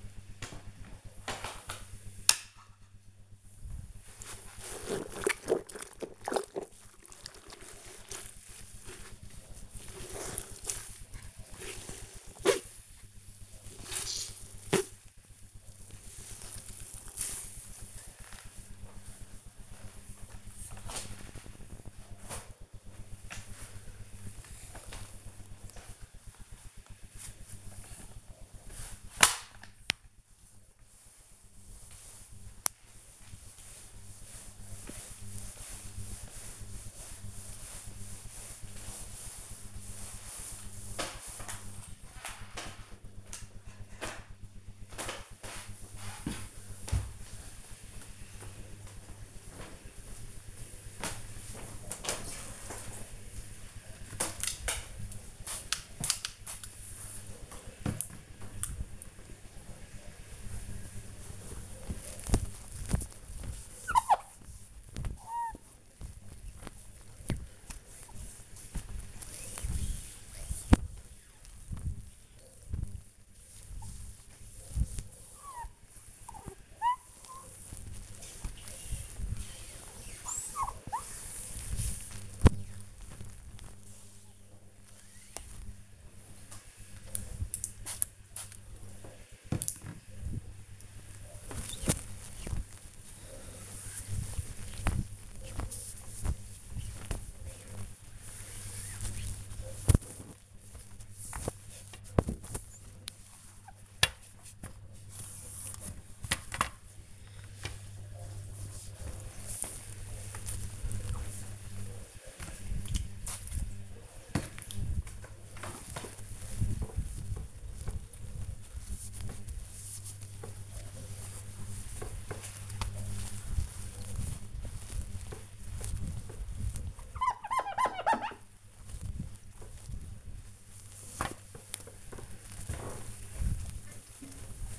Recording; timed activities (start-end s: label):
household activities, microphone on the right wrist
0.00-42.91 s: floor cleaning
52.99-134.79 s: window cleaning